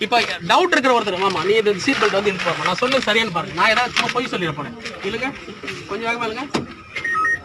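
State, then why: Seated. A car seatbelt's webbing is pulled sharply out of its inertia retractor while someone talks. The retractor locks with clicks at 7.0 s and 7.1 s, confirming the belt catches on a quick pull.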